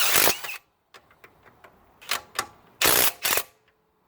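A rusty, already half-stripped steel bolt threading into the metal housing of a Polaris Xplorer ATV is turned with a wrench, and sharp metallic clicks ring out at 2.1, 2.4 and 3.3 seconds. Louder broadband bursts open and close the clip. The bolt's threads strip with very little effort while it is being tightened.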